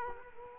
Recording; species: mosquito wingbeat signal from an infrared sensor; Culex quinquefasciatus